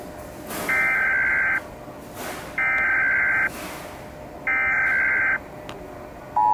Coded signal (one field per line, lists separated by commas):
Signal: Emergency Alert System (SAME) tones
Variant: header bursts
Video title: International eas alarm’s: part 5 (Remake)